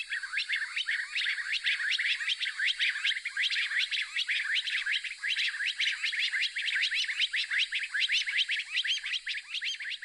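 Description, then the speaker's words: Stone partridges calling together, a continuous excited stream of overlapping whistled notes repeated rapidly throughout, over a steady high hiss. Several stone partridges recorded in Ghana, sounding very excited. "Here are the lovely calls of some stone partridges in Ghana sounding very excited about who knows what."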